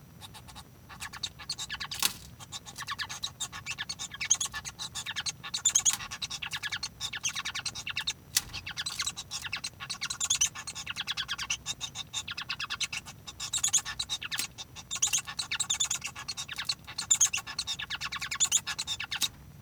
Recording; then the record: song of a male Bengalese finch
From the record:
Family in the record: son of father 1